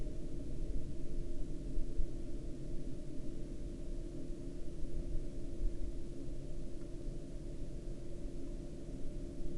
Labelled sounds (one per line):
flare stack